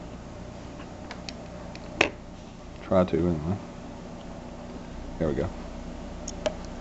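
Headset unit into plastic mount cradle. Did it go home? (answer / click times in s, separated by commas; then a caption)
yes / 6.5 s. A Scala Rider Bluetooth headset unit is pushed into its plastic mount cradle, held in hand before it goes on the helmet, while someone talks. It snaps into place with a sharp click at 6.5 s, and the headset is seated in the mount.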